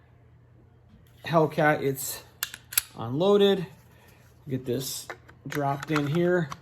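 Someone talks while handling an unloaded Springfield Hellcat compact pistol, about to drop it into the polymer shell of a Blackhawk Stache inside-the-waistband holster made for the Glock 43, 43X and Hellcat. A few brief handling taps sound between the speech, and the clip ends before the pistol goes in, so nothing has seated or clicked into the holster's retention yet.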